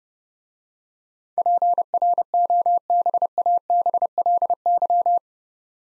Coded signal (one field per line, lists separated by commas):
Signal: Morse code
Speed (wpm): 30 wpm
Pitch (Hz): 700 Hz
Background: none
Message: PROBABLY